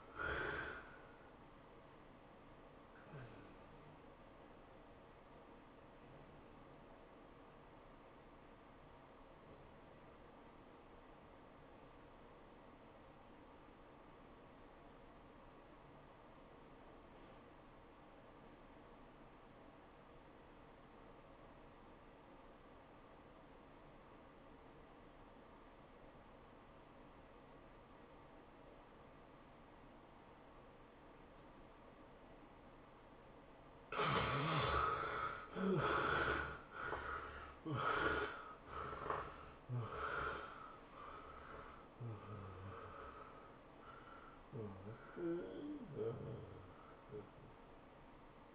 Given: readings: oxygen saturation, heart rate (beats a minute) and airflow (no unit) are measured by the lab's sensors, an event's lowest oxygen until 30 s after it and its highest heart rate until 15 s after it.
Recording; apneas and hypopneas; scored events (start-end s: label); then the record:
breathing in sleep by a voice recorder at the bedside; 1
12.00-34.30 s: obstructive apnea (REM, oxygen 95% highest, then 67% lowest, heart rate 101 at the start, 112 highest)
From the record:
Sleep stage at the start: REM sleep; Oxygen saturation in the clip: 70 to 95%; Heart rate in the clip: 77 to 112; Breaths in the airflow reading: 6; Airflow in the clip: -13.5 to 11.9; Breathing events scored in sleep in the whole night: 403 in 5.5 hours asleep